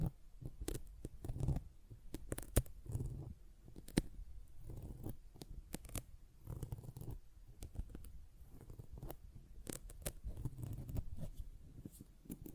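A sponge is handled continuously, with soft low squishing pulses and dry scratchy strokes. Sharp brief clicks and snips, like cutting, break in irregularly every second or so, most densely around two to three seconds and again near ten seconds.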